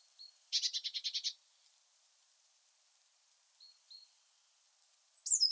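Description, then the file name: Eurasian blue tit calls: a thin high note, then a quick buzzy churring burst of about eight pulses, later two faint short notes and a sharp descending high call at the end. "Cyanistes caeruleus"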